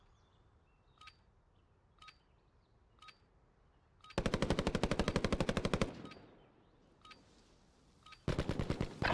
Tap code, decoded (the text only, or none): none